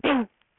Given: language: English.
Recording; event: throat vibration sensor signal played as sound; cough